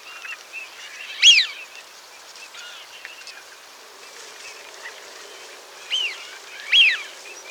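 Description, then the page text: Eurasian Wigeon whistles: three clear, arched whee-oo calls spaced across several seconds, with softer whistles between them and a constant hiss. "Eurasian Wigeon Calls. Quick Sounds"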